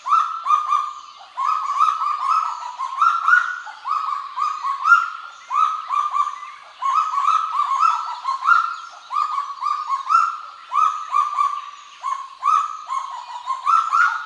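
Kagu calling continuously: strings of short rising notes, harmonically rich, delivered in irregular clusters with brief pauses between bursts.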